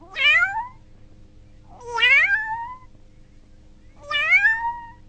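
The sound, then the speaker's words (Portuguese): A cat meows three times, evenly spaced about two seconds apart, each meow a clear, rising-then-falling harmonic cry with a low background hum and no talking. “O gatinho.”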